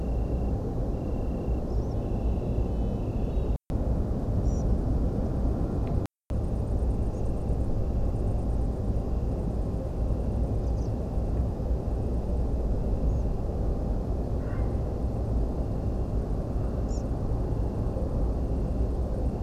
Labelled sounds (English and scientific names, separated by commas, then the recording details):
European Pied Flycatcher (Ficedula hypoleuca), unidentified animal sound, Tree Pipit (Anthus trivialis)
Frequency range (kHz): European Pied Flycatcher (Ficedula hypoleuca) 3.5-8.2 kHz; Tree Pipit (Anthus trivialis) 5.3-7.0 kHz
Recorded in France